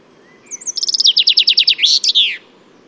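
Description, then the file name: Common chaffinch song: a brisk run of descending notes, ending in a loud downward flourish, over a soft background hiss. "Fringilla coelebs"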